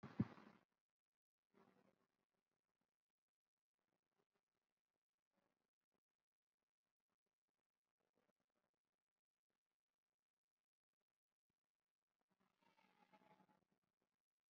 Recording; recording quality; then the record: sustained vowel as in boot; poor, much background noise or distortion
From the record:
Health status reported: COVID-19 positive, mild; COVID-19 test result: positive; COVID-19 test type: RT-PCR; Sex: female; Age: 25 years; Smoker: no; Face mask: not worn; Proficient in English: yes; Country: India